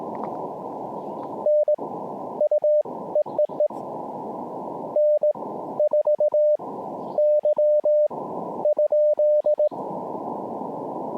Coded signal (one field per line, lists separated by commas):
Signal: Morse code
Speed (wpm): 19 wpm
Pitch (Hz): 600 Hz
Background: radio noise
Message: N U EEE N 4 Y ?